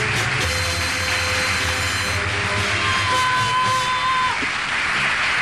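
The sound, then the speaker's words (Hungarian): A crowd shouting and applause sound effect played on a radio show: a loud crowd roars and cheers over steady applause, with shouts and whoops rising through the din for several seconds without a break. “Ezt a múltkori adásunkra rendszeresítettük, Tomi. A kiabálást? Ó, Istenem, igen, igen, igen.”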